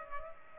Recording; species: mosquito wingbeat signal from an infrared sensor; Culex pipiens